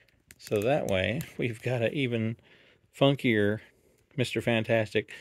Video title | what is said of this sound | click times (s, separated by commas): The Thing & Mr. Fantastic Figures from Diamond Select Toys Unboxing and Review | right in here pops right in the neck | 0.3 s